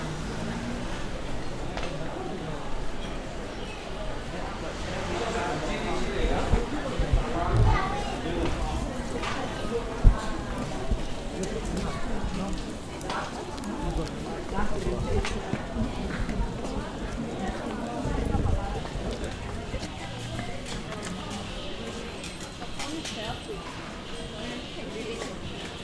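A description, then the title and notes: Nishiki Market in Kyoto, Japan, filled with a steady murmur of many overlapping voices. Brief clicks, taps and clatters from footsteps and handling punctuate the crowd throughout, with a few sharper knocks around the middle. The level stays fairly even. Nishiki Market (錦市場), Kyoto, Japan.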